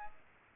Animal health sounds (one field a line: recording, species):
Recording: mosquito wingbeat signal from an infrared sensor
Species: Aedes albopictus